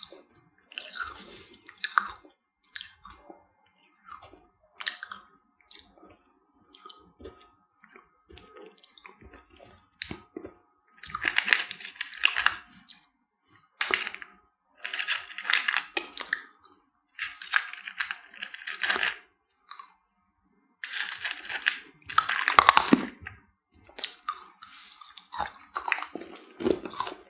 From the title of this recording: ASMR Sugar Candies Crushing, Biting, Licking